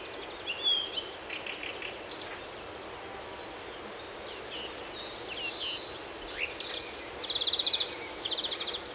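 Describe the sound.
Forest birds: soft chirps and short whistles, then a fast, dry high trill repeated twice in quick bursts near the end, over a low, steady hiss.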